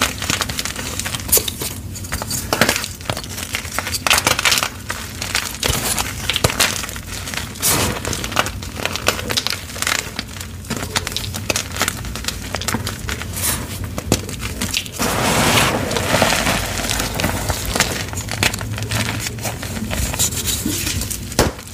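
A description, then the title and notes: Gym chalk being crushed with baby oil, heard as dense, continuous crinkling and crumbling with frequent sharp crackles throughout. The texture stays busy and bright for the whole 22 seconds, with a slightly fuller, smoother patch of grinding around the fifteen-second mark. Baby Oil Gym Chalk Crushing Compilation.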